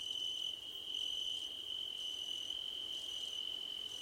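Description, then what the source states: Crickets chirping: a steady, high, unbroken trill, joined by shorter, higher bursts roughly every second. Crickets at night under a starlit sky.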